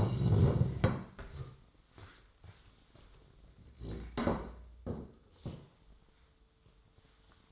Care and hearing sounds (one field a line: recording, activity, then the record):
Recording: daily activity, microphone in the room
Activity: stand up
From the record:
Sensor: 3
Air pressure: 1005.1 hPa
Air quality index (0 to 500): 93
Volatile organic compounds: 3 ppm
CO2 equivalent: 1455 ppm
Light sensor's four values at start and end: 10/22/9/9 and 9/21/9/9